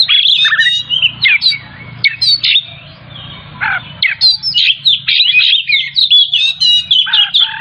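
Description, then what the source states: Oriental magpie-robin singing a loud, varied run of whistles, chirps and harsh notes in quick succession, with short pauses, over a faint low hum. Kacer from Tretes singing vigorously in the style called gacor.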